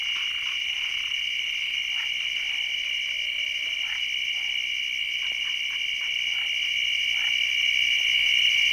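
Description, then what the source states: Cricket chorus holding a constant high shrill trill, with faint scattered clicks and the sound swelling slightly toward the end. Recorded at Guadiamar on 16 June 2006.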